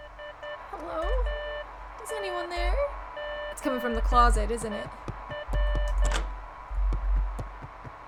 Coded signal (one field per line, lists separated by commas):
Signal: Morse code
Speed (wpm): 10 wpm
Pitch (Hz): 2950 Hz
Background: speech, music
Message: IANGER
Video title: This town smells like... | Beacon Pines - Part 2